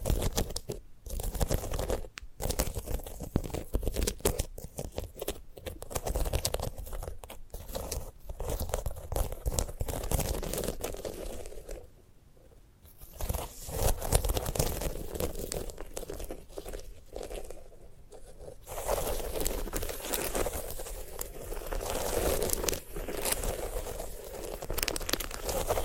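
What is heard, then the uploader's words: Dry crackling, tearing and crunching of a sunflower head in dense, irregular bursts, with a brief quieter pause around twelve seconds. ASMR of a Sunflower Head (No Talking).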